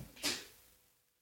Ran into another room to sneeze. Sneeze like right at the ground.